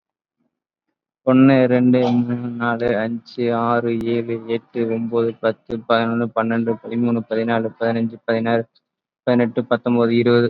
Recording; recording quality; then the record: counting at a normal pace; excellent, no background noise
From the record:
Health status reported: COVID-19 positive, mild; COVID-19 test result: positive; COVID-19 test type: RT-PCR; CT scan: not taken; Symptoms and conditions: diabetes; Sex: male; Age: 29 years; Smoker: no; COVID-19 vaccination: none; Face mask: not worn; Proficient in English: yes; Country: India